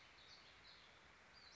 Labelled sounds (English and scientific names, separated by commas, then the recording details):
Western Flycatcher (Empidonax difficilis)
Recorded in Sonoma County, California